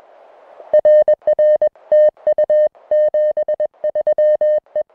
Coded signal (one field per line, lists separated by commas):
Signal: Morse code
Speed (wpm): 20 wpm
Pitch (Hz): 590 Hz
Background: music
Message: RR TU 73 E